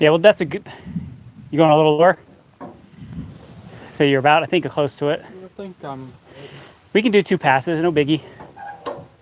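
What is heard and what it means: On a homestead sawmill setup, a part is handled and its two locks are about to be engaged before the blade water is turned on, while someone talks throughout. Nothing has seated or clicked yet.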